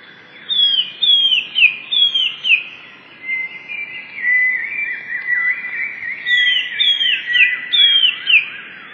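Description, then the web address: Eurasian blue tit song of repeated high slurred whistles falling in pitch, with softer, lower warbling notes in the middle before the whistled series returns. "wroblowe teka spiew. wroblowe teka modraszkoteka"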